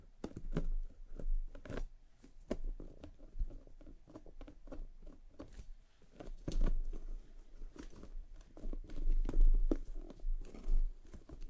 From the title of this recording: massage your scalp and brush your hair